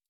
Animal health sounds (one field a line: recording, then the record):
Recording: hydrophone in a shrimp aquaculture tank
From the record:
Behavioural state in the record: stressed